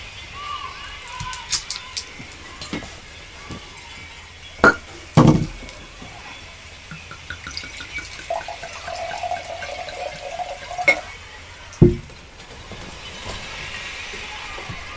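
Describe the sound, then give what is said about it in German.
Wine splashes and trickles into a glass, with a few sharp clinks and knocks of glass scattered through a quiet, watery background. “Hier, trink einen Schluck Wein.”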